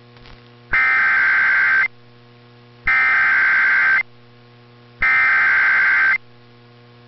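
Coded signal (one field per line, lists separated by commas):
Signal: Emergency Alert System (SAME) tones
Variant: header bursts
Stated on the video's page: Real EAS alerts from Texas, personal captures.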